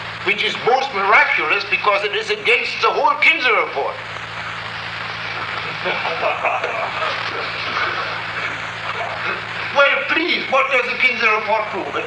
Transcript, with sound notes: which is most miraculous, because it is against the whole Kinsey Report. [laughter] Well, please -- what does the Kinsey Report prove?